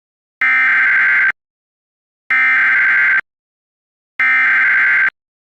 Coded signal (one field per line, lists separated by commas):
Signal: Emergency Alert System (SAME) tones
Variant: header bursts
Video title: EAS Scenario 16: Cat Entity's Return